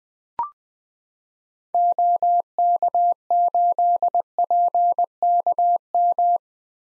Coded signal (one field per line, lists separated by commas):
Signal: Morse code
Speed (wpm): 20 wpm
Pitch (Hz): 700 Hz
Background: none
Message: OK8PKM